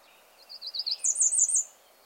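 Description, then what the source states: American Redstart song: a high series of thin notes, then a higher, louder run of rapid sweeping phrases. A male alternating his various songs, giving a variety of phrases.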